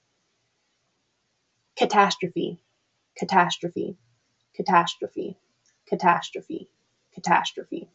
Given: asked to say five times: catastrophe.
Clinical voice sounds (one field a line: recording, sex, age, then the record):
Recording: repeated word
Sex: female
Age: 20 to 29 years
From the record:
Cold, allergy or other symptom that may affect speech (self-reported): no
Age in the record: 24 years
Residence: United States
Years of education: 13